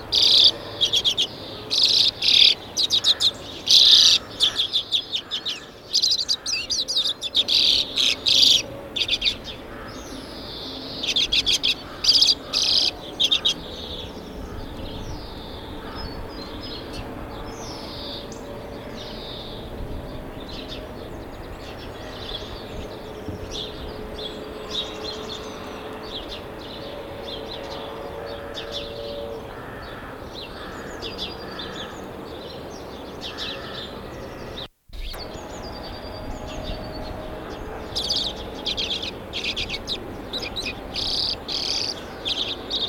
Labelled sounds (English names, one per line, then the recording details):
Common Redpoll
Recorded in the wild
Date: 1978-03-25
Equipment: Nagra III BH, Sennheiser MD 21
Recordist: Schubert, Michael
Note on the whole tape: Rufe und Gesang Birkenzeisig Männchen